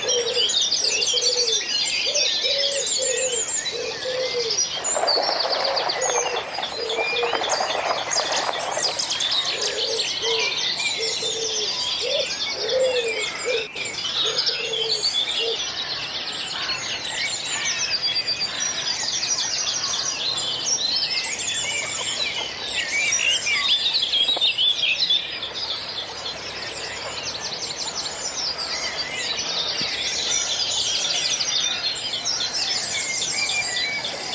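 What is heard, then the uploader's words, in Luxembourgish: A dawn chorus of many birds singing at once, a dense, continuous tangle of bright chirps and trills that never lets up. Lower repeated calls stand out early, with a thicker burst of song around five to nine seconds. The Dawn Chorus. De Chouer vum fréie Mueren. Eng ganz Stonn Villerchers Gesank live presentéiert an iwwerdroen vum iresche Radio RTE.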